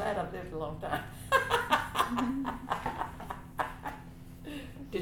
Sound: laughter